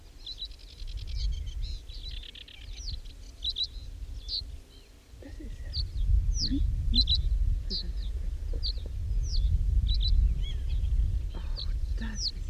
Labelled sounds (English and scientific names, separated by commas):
Reed Bunting (Emberiza schoeniclus) song